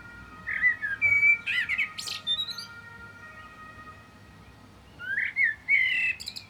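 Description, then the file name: Common blackbird song with mellow warbled notes followed by thin high twittering, a pause, then another fluty phrase with squeaky ending. "Turdus merula"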